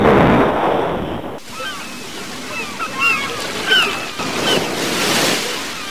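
Broad, rushing sea noise around a raft at sea a few hours after leaving Cuba, with water sloshing and surging, starting with a loud burst of wash before settling into a steady churn with occasional swells and faint bird-like chirps.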